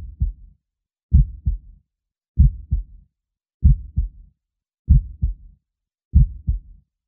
Calming Heartbeat Sound for Babies. The sound of a heartbeat is naturally calming to babies. Help yours to relax and fall asleep.